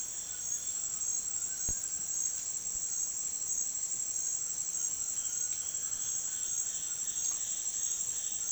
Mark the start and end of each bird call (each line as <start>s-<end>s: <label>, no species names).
4.98s-8.51s: bird call